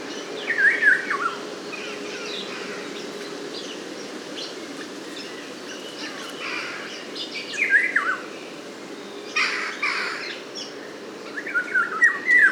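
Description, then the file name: Eurasian golden oriole song: a few short fluted whistled phrases sliding downward, separated by pauses. "loriot"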